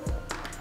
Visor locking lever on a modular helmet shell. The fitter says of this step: Sip. Sudah mengunci sidep.